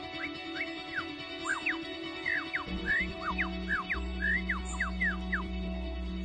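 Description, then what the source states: Superb lyrebird song: a quick series of clear whistled notes, mostly sharp falling sweeps with a few rising slurs, over a low hum. Male singing to woo females; the voice serves as a courtship display.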